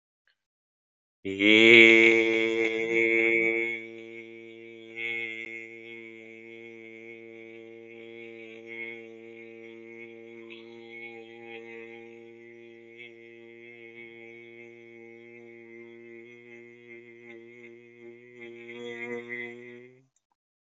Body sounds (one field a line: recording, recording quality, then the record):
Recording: sustained vowel as in made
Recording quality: excellent, no background noise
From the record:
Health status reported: healthy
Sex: male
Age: 35 years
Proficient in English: yes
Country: India